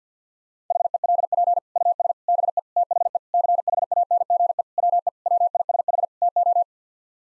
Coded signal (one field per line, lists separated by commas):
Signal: Morse code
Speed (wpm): 50 wpm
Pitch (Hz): 700 Hz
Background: none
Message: HELP US BE THE CHANGE WE WISH TO